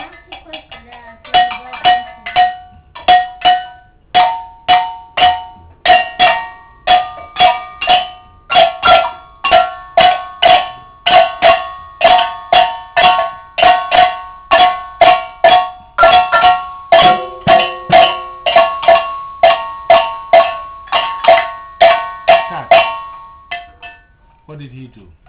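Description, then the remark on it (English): A bell is struck over and over in a steady, fairly quick rhythm for about twenty-five seconds, each loud metallic clang ringing briefly at a mid-high pitch before the next hit. “The bell and the drum.”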